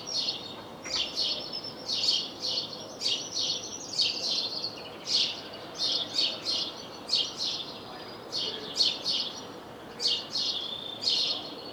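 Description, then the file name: House sparrow chirping, a continuous run of quick, bright chirps in uneven bursts across the whole stretch, over soft background hiss. "Passer domesticus"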